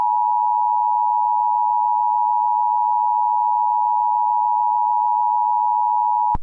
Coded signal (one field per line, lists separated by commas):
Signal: Emergency Alert System (SAME) tones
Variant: 853 and 960 Hz attention tone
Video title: EAS Scenario #4: Clown Rampage of London.